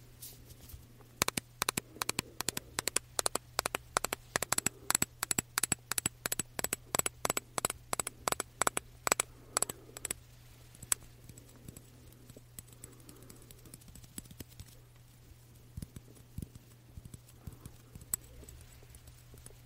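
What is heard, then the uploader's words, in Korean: Tapping on a diffuser and body mist bottle: quick, sharp clicks come in dense, fairly regular bursts for the first ten seconds, then thin out to scattered taps. A steady low hum runs underneath the whole time. 디퓨저, 바디미스트 탭핑 , 흔드는 소리.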